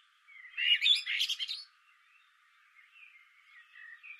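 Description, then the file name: Common blackbird song: one short warbled phrase of mellow notes with a twittering high ending, then faint softer notes and near quiet. "Turdus merula"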